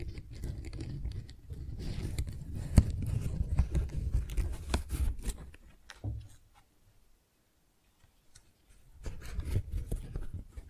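Flowers being handled for ASMR: soft, dense rustling and crinkling with sharp little snips and taps scattered through the first six seconds. The sound stops almost completely from about six to nine seconds, then the low rustling returns for the last stretch.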